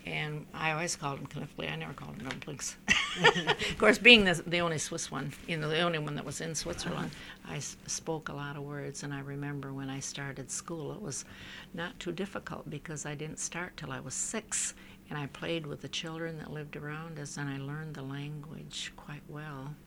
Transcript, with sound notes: And I always called them knopfle. I never called them dumplings. ( she laughs ) Of course, being the only Swiss one, you know, the only one that was in Switzerland, I spoke a lot of words, and I remember when I started school it was not too difficult, because I didn't start till I was six, and I played with the children that lived around, and I learned the language quite well.